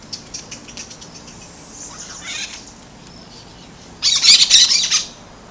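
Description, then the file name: Brown-throated parakeet: faint scratchy chatter at first, then a loud burst of harsh, rasping screeches near the end. Recorded at Bubali, Aruba, on 15 November 2012. "Aratinga-pertinax-Bubali-Aruba-15-11-12-ASilveira"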